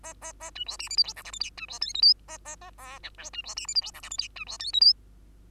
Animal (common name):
Bengalese Finch